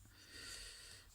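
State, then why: Not seated. During transformation of a toy figure, the folded feet section is brought round and a small plastic clip on the leg section is lined up and pushed toward its slot on the body. Only a soft, steady breathy hiss with a low rumble is heard, with no sharp transients. Nothing has seated or clicked yet.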